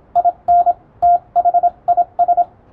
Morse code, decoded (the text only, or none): IN THIS